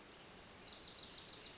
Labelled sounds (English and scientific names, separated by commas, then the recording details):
Wilson's Warbler (Cardellina pusilla)
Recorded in Sonoma County, California